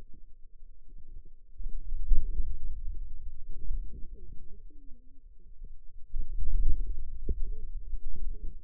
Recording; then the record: forearm muscle sounds (acoustic myography)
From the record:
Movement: hand closing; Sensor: system 2, bracelet of six BSWA MPA416 microphones around the upper forearm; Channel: 2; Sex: female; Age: 21 years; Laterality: right